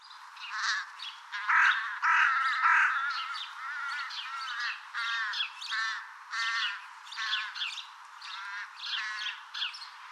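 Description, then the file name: Carrion crow giving a long series of harsh, grating caws with brief pauses between runs. "Corvus corone"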